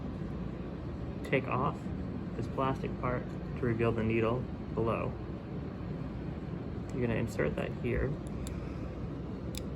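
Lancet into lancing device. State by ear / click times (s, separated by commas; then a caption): seated / 9.6 s. Someone talks over a steady background hum while a plastic lancet, its protective plastic part removed to expose the needle, is pushed into a lancing pen. A faint tick comes at 8.5 s, then a louder, sharper click at 9.6 s as the lancet seats in the lancing device.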